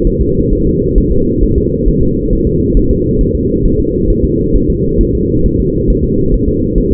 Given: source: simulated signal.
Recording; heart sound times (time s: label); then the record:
fetal heart sounds
0.07 s: S1
0.21 s: S2
0.53 s: S1
0.67 s: S2
0.98 s: S1
1.12 s: S2
1.44 s: S1
1.58 s: S2
1.88 s: S1
2.03 s: S2
2.33 s: S1
2.47 s: S2
2.77 s: S1
2.91 s: S2
3.21 s: S1
3.35 s: S2
3.65 s: S1
3.80 s: S2
4.10 s: S1
4.24 s: S2
4.56 s: S1
4.70 s: S2
5.01 s: S1
5.15 s: S2
5.46 s: S1
5.60 s: S2
5.90 s: S1
6.04 s: S2
6.34 s: S1
6.48 s: S2
6.78 s: S1
6.92 s: S2
From the record:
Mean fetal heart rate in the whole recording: 135 bpm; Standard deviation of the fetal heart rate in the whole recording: 3 bpm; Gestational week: 36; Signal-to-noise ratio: -15.3 dB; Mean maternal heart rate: 72 bpm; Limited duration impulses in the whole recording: present